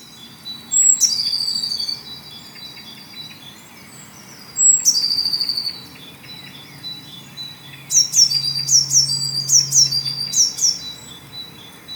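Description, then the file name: Eurasian blue tit calling with high, thin descending notes trailing into buzzy churrs, two single calls then a faster run of several notes near the end. "Cyanistes caeruleus"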